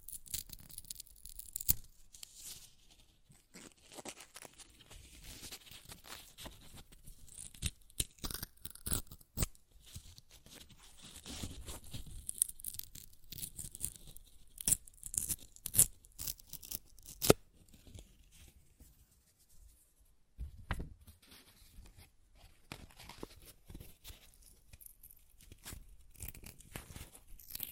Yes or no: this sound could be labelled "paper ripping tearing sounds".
yes